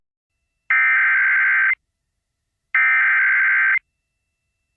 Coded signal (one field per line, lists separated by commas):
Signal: Emergency Alert System (SAME) tones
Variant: header bursts